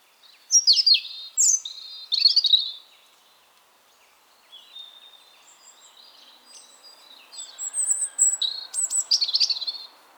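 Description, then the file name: European robin song with three loud sharp phrases, a pause, then thin sustained whistles and a closing burst of high tumbling notes. "Erithacus rubecula"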